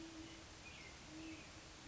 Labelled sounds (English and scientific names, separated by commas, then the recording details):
Great Horned Owl (Bubo virginianus)
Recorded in Sonoma County, California